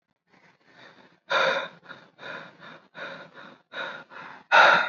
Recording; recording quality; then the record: shallow breathing; excellent, no background noise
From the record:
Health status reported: recovered from COVID-19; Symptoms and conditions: none ticked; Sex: male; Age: 24 years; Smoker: not ticked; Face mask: not worn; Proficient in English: yes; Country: India